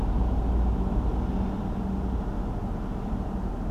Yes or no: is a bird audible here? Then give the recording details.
no. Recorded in France